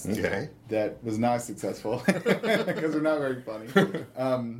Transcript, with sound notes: Okay.
That was not successful [laughter] because we were not very funny.